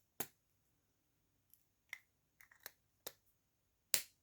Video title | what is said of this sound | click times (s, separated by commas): MINIMAL EDC for a WRITING WEEK | Nice click to it. Listen. | 0.2 s, 3.9 s